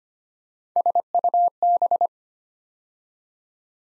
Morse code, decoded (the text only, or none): SUB